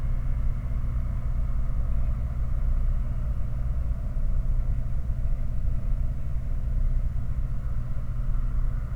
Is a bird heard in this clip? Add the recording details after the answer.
no. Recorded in the Prudhoe Bay oil fields, Alaska, on 5 August 2019 at 01:28. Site 29